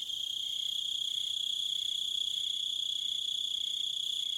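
Crickets give a bright, steady high-pitched trill, with faint rhythmic chirps underneath repeating several times a second.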